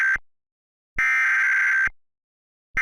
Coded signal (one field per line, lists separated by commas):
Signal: Emergency Alert System (SAME) tones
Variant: header bursts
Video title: EAS April Fools Short - The Poptart